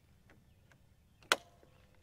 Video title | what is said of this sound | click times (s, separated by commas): Kobalt 40V Max 20 Inch Self Propelled Lawn Mower Gen 4 First Impressions #233 | then those will lock right back into place | 1.3 s